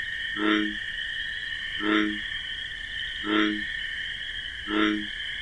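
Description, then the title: Bullfrog giving short, deep, humming croaks, one about every one and a half seconds, over a steady high-pitched cricket drone. Nocturnal wetland with marsh grasses; bullfrog's deep 'jug-o-rum' call amid a chorus of crickets. "Bullfrog Sound. The Wondrous Wetlands"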